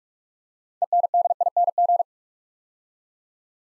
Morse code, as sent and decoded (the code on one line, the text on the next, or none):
. -. -.. .. -. --.
ENDING